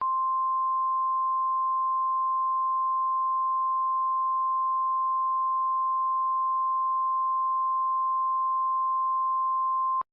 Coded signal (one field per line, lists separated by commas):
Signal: Emergency Alert System (SAME) tones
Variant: 1050 Hz attention tone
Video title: *VALID TONES* Hurricane Jerry: Great Lakes Monster (EAS Scenario)